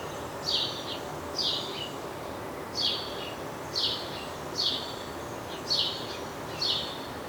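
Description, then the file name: House sparrow giving loud, slightly descending chirps, roughly one per second, with a steady noisy background. "Passer domesticus"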